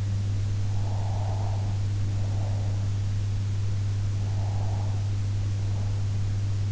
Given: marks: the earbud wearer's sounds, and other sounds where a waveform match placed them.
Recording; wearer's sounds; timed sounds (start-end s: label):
sounds in sleep by an in-ear microphone; breath
0.58-3.18 s: breath
4.29-6.29 s: breath